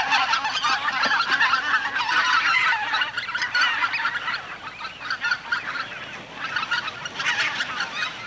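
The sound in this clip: White-fronted goose flock calling: a dense, continuous wash of overlapping honks and yelps from many birds, with no pause throughout.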